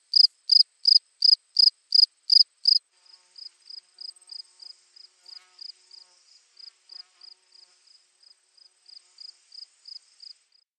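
Cricket chirps repeating rapidly, several loud pulsed chirps at first, then a fainter series of chirps continuing to the end.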